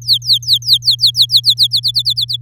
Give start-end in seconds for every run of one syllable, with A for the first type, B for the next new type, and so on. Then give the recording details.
0.01-1.67 A, 1.71-2.37 B. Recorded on 8 May 2018 at 16:24. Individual llb16